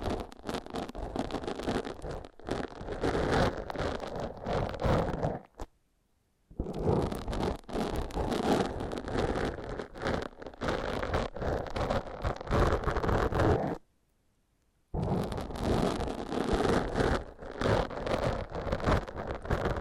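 Dense, rushing foam massage rubbing with a rough, rumbling texture, stopping twice in brief silences around six and fourteen seconds.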